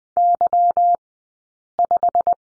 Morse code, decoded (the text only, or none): Y5